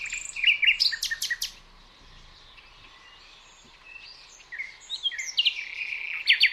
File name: Luscinia megarhynchos